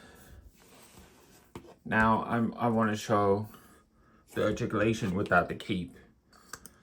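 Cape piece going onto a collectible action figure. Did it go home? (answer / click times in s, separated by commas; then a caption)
yes / 6.5 s, 6.7 s. A removable cape piece is fitted back onto the plastic body of a Hot Toys 1989 Batman 2.0 (standard version) collectible action figure while someone talks. The part snaps back on and seats with sharp clicks at 6.5 s and 6.7 s.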